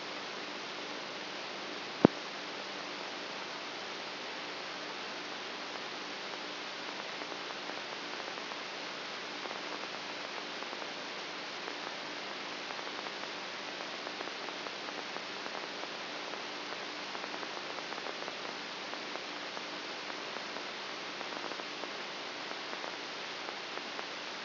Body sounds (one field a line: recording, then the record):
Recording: brain microelectrode recording played as sound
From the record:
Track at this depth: outside the subthalamic nucleus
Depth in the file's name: 6.84 mm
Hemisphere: right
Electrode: 2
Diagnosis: Parkinson's disease